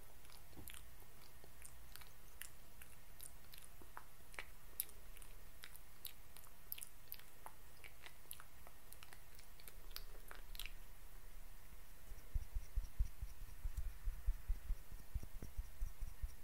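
Face treatment sounds made of small, crisp clicks and ticks scattered irregularly throughout, over a soft steady hiss. After about twelve seconds, low dull thumps and taps join in, coming more often and louder toward the end.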